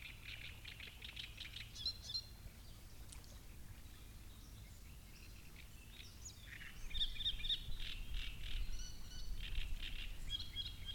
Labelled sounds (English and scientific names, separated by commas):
Great Reed Warbler (Acrocephalus arundinaceus)